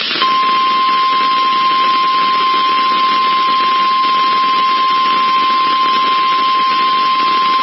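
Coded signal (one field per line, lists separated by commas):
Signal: Emergency Alert System (SAME) tones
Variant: 1050 Hz attention tone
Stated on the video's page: Double tornado warning alert for a Missouri statewide drill, received on NOAA Weather Radio, St. Louis.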